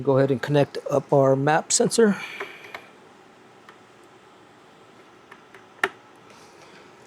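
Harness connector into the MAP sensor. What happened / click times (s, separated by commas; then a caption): The connector clicked home / 5.8 s. Someone talks for the first few seconds, then a plastic harness connector is pushed onto the MAP sensor amid a few faint ticks. A sharp click at 5.8 s marks the connector seating home.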